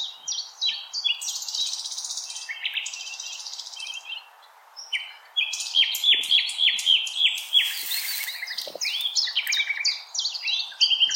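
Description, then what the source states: Common nightingale song with varied phrases of rapid repeated notes, buzzy trills and whistles, a brief pause near the middle, then a long excited outpouring. Recorded 16 April 2021.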